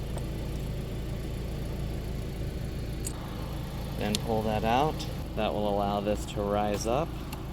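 A latch pin is pulled out on an Acura Motocompacto Type S folding scooter so its column can rise into the raised, locking position, over a steady low hum with brief sharp ticks at about 3.1 and 7.3 seconds. Someone talks from about 4 seconds onward. The clip ends before the column locks, so nothing has seated or clicked into place yet.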